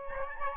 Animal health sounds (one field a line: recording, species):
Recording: mosquito wingbeat signal from an infrared sensor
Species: Aedes albopictus